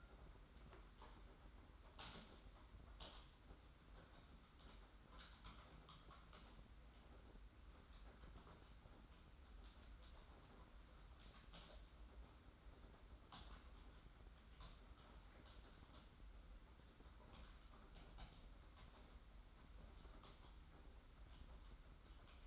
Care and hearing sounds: daily activity, microphone in the room; typing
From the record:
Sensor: 3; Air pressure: 991.7 hPa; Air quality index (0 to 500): 187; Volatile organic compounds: 1000 ppm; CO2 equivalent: 6277 ppm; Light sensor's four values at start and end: 33/94/38/33 and 33/96/39/33

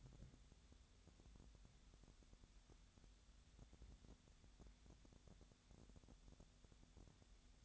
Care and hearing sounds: daily activity, microphone in the room; wipe stove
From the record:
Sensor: 3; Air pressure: 1007.0 hPa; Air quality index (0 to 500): 206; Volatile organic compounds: 18 ppm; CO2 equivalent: 2634 ppm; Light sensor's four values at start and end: 12/27/11/11 and 12/27/11/11

